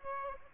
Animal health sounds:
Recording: mosquito wingbeat signal from an infrared sensor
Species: Aedes aegypti

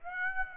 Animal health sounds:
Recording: mosquito wingbeat signal from an infrared sensor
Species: Aedes aegypti

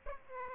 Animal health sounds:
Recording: mosquito wingbeat signal from an infrared sensor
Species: Aedes aegypti

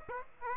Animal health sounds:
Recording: mosquito wingbeat signal from an infrared sensor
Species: Aedes aegypti

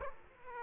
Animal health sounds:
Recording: mosquito wingbeat signal from an infrared sensor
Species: Aedes aegypti

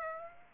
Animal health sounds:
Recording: mosquito wingbeat signal from an infrared sensor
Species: Aedes aegypti

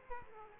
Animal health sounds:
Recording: mosquito wingbeat signal from an infrared sensor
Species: Aedes aegypti

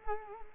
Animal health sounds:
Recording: mosquito wingbeat signal from an infrared sensor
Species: Culex quinquefasciatus

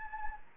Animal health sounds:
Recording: mosquito wingbeat signal from an infrared sensor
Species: Anopheles gambiae

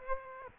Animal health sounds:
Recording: mosquito wingbeat signal from an infrared sensor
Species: Aedes aegypti

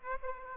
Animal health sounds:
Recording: mosquito wingbeat signal from an infrared sensor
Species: Aedes aegypti

